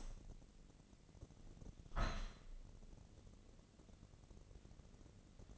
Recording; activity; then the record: daily activity, microphone in the room; open window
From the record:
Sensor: 4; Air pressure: 1013.2 hPa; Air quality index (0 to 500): 172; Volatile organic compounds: 2 ppm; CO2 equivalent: 1088 ppm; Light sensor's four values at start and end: 79/195/81/82 and 65/162/67/71